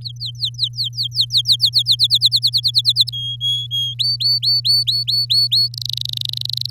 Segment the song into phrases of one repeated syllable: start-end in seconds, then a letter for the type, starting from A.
0.01-1.56 A, 1.59-3.10 B, 3.12-3.94 C, 3.99-5.68 D, 5.74-6.70 E